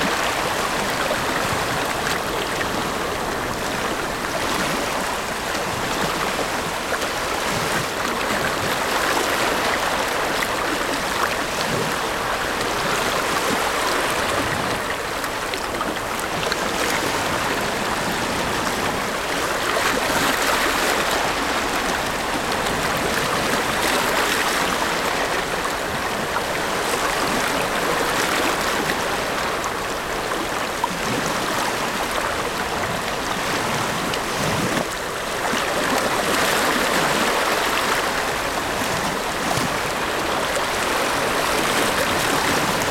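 Gentle ocean waves wash over sand on a calm beach, a steady, dense hiss of foam and water that never drops away. The surge swells softly every few seconds, with slightly fuller rushes around 20 and 37 seconds, and no sharp crashes.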